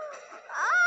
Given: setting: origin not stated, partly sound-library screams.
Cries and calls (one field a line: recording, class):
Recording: one-second piece from a danger detection set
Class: woman in danger